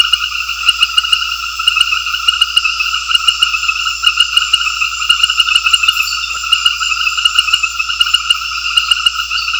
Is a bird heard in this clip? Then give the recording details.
no. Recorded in secondary vegetation near Puerto Asís, Putumayo, Colombia, on 9 March 2025 at 19:30. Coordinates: 0.498, -76.327. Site G001